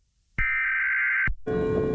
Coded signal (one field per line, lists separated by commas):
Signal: Emergency Alert System (SAME) tones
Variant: header bursts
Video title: EAS Mini Scenario: Stone.